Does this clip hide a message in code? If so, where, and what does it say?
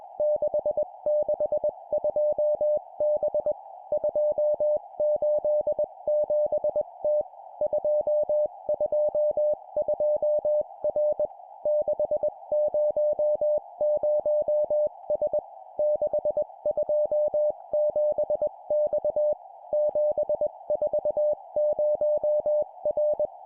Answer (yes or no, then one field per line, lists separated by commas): yes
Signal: Morse code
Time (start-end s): 0.2-23.3 s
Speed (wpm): 21 wpm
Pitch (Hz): 600 Hz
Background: music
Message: 662B 287T 222R 600S 627X 740R